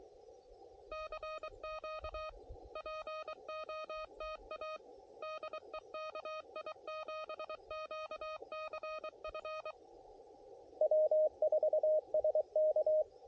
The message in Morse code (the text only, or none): CQ POTA DE KI7QCF W4SK